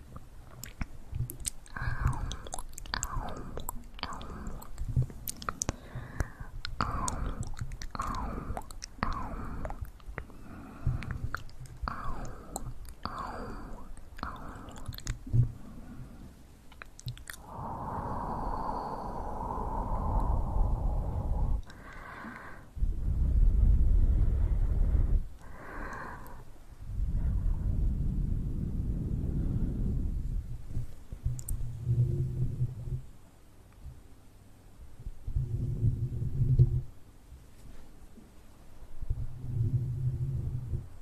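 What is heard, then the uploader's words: Ear massage sounds, starting with quick, regular rubbing strokes and crisp little taps for about fifteen seconds. The middle turns to slower, heavier, muffled rubbing with a soft whine, then gentler low pulses repeat every couple of seconds. TimASMR - The Most Stimulating Ear Massage Trigger.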